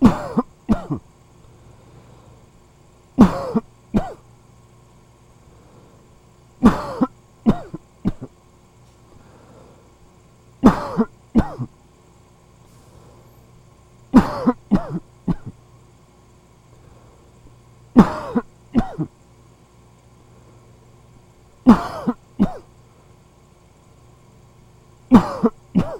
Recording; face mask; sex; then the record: voluntary coughing; surgical mask; male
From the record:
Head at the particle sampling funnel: facing it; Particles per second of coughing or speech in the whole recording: 0.312